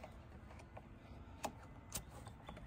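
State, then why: Not seated. A trailer wiring harness plastic connector is handled against the factory tail-light harness connector on the second side of a Jeep, producing quiet rustling and a few brief sharp taps, with the loudest near 1.5 s and 2.0 s. Nothing has seated or clicked yet; the connector is not yet home when the clip ends.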